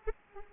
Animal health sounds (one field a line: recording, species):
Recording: mosquito wingbeat signal from an infrared sensor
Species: Anopheles arabiensis